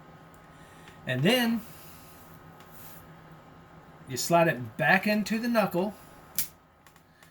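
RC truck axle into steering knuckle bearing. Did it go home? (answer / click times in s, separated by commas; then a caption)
yes / 6.4 s. Someone talks while the axle of a Redcat Racing Ground Pounder RC truck is slid back into the steering knuckle and pushed in to eliminate wheel shake. A sharp click at 6.4 s marks the axle seating into the bearing in the knuckle, followed by a few faint ticks.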